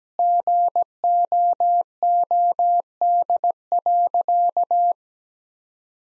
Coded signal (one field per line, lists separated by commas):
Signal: Morse code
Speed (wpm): 17 wpm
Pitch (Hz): 700 Hz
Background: none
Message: GOOD.